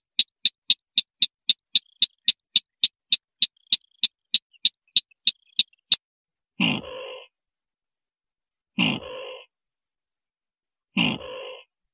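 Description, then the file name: White-breasted waterhen: fast steady train of sharp clicks for six seconds, then three rough, raspy croaks of the white-breasted waterhen spaced about two seconds apart. "Tieng quoc hoa chang nghich"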